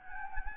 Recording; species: mosquito wingbeat signal from an infrared sensor; Anopheles gambiae